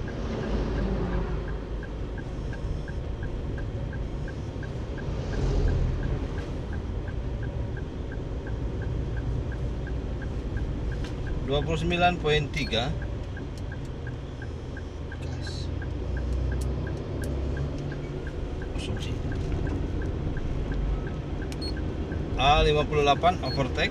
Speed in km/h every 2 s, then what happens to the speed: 41, 44, 45, 46, 47, 48, 49, 49, 49, 49, 50, 50.
0-11 speeds up to 49. 11-24 steady at about 49.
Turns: none.